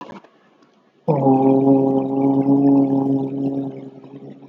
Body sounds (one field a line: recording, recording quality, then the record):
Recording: sustained vowel as in boot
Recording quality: moderate, slight background noise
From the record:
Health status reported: healthy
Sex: male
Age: 35 years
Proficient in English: yes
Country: India